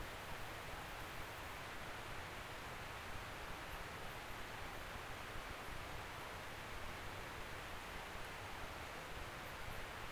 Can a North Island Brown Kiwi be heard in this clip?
no